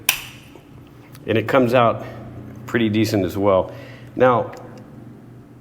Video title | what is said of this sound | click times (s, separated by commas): Fixed Blades - What 4 blades did I get and why | it locks in there good | 0.1 s